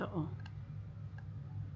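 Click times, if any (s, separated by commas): 1.2 s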